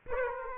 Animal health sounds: mosquito wingbeat signal from an infrared sensor; Aedes aegypti

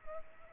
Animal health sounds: mosquito wingbeat signal from an infrared sensor; Culex pipiens

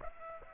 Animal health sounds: mosquito wingbeat signal from an infrared sensor; Aedes aegypti

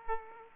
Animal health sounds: mosquito wingbeat signal from an infrared sensor; Aedes aegypti

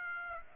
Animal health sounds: mosquito wingbeat signal from an infrared sensor; Aedes aegypti

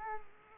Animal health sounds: mosquito wingbeat signal from an infrared sensor; Culex quinquefasciatus

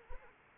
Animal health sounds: mosquito wingbeat signal from an infrared sensor; Anopheles arabiensis

